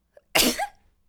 Sneeze.